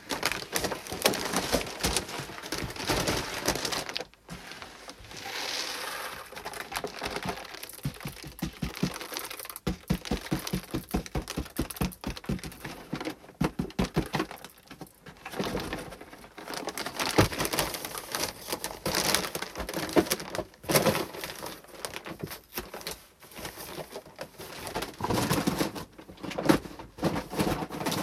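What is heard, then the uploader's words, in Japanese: Rice is weighed and poured into paper rice bags, giving a dense, continuous rustle and hiss of grains with crackling paper. Rapid rattling patters come in bursts, notably around 9–14 and 20–26 seconds, broken by brief quiet gaps near 4 and 9 seconds. 環境音 お米出荷準備(点検)。重さを測り、紙の米袋に入れていきます。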